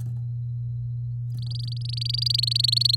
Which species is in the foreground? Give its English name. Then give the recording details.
Domestic Canary. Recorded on 7 May 2018 at 07:52. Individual llb16